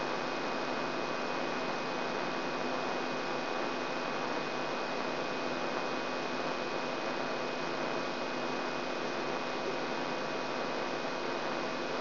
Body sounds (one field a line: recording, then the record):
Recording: brain microelectrode recording played as sound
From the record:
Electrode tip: outside the subthalamic nucleus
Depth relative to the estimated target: 2 mm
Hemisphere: left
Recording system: AlphaMap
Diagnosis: Parkinson's disease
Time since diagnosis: 16 years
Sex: male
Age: 67 years